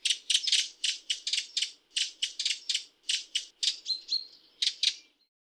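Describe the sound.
Redwing giving a fast rattling chatter of harsh, buzzy notes in quick bursts, briefly breaking into a thin whine near the end before the final rasps.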